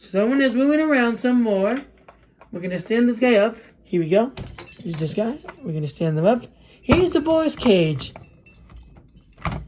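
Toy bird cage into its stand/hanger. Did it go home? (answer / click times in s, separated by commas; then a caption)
yes / 9.4 s. Someone talks while standing a plastic toy bird cage up and fitting it into its stand or hanger on a glass mirror. A few soft handling knocks follow from about 8.5 s, then a sharp click at 9.5 s as the cage locks into place.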